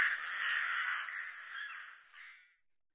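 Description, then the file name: Rook giving a long, hoarse, drawn-out caw that weakens and trails off over about two and a half seconds, followed by silence. "roek"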